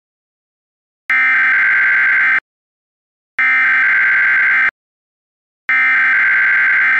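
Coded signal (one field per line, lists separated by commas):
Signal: Emergency Alert System (SAME) tones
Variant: header bursts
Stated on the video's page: Fictional EAS scenario, simulated.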